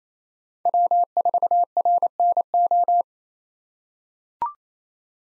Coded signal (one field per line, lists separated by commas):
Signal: Morse code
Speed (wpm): 28 wpm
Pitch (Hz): 700 Hz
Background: none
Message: W4RNO